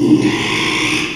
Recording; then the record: squeal of a Yucatan mini pig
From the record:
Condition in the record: after surgery on the right vocal fold (resection and tissue-engineered implant); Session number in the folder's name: 1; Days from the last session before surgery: 6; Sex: male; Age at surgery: 12 weeks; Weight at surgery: 13 kg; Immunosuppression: cyclosporine, prednisolone